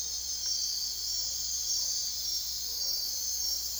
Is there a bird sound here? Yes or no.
no